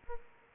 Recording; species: mosquito wingbeat signal from an infrared sensor; Aedes aegypti